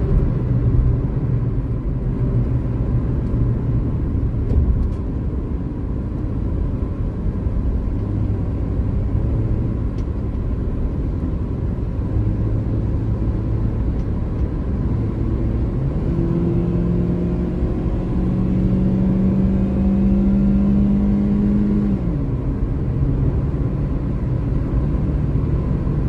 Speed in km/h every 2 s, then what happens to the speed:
95, 82, 76, 75, 78, 76, 80, 82, 91, 98, 104, 108, 110.
0-3 brakes to 76. 3-10 steady at about 76. 10-21 speeds up to 108.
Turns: none.